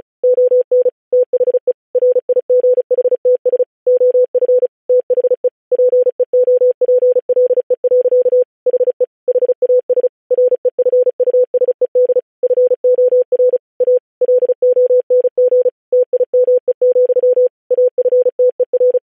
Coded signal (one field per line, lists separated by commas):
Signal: Morse code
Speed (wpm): 36 wpm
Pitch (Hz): 500 Hz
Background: none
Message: ON THE RIGHTS OF THE PEOPLE. HE HAS REFUSED FOR A LONG TIME, AFTER